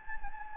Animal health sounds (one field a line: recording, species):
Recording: mosquito wingbeat signal from an infrared sensor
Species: Anopheles gambiae